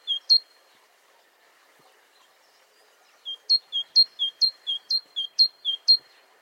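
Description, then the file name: Great tit singing its bright see-saw phrase, a lower whistle then a higher one, heard once at the start and then repeated six times in a steady run. "Parus major"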